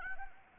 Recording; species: mosquito wingbeat signal from an infrared sensor; Anopheles arabiensis